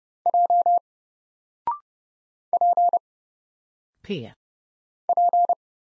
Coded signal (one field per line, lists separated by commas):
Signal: Morse code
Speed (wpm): 30 wpm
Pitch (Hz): 700 Hz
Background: none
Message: J P P